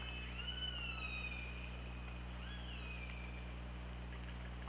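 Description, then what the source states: Killer whale calls: two long harmonic calls, each swelling upward and then slowly sliding down, over a continuous low underwater hum. Recorded by OrcaLab hydrophone on 24 August 2017 at 21:18:28.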